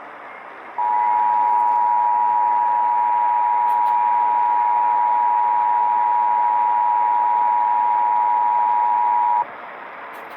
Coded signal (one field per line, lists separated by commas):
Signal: Emergency Alert System (SAME) tones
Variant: 853 and 960 Hz attention tone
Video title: Cleaning Up the Backlog... EAS Alerts From 8/9/2022 to 10/12/2022 (EAS #1359 - 1420)